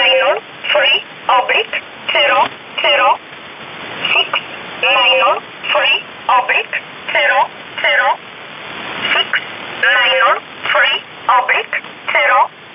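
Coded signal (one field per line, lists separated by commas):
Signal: numbers station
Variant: E11 Oblique, English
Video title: 10 04 2019 E11 Oblique Numbers station in English 1045 on 7317 unknown tx site in USB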